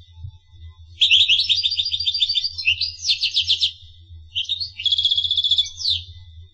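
Finch song in two high twittering phrases of quick repeated chirps and trills, separated by a short gap, with a steady low hum beneath.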